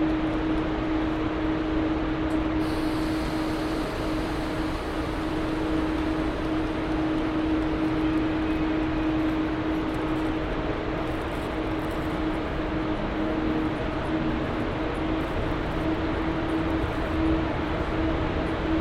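Train station sounds with a dense, steady rumble filling the whole stretch, low and loud without letup. A thin steady tone hums through it, like an engine or machinery idling. Faint higher hiss comes in after the first couple of seconds and stays.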